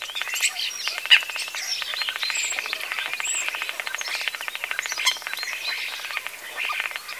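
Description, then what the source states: Common starling song, a dense run of rattling clicks, whistles and harsh chatter continuing without pause through the whole stretch. A new voice arriving with spring.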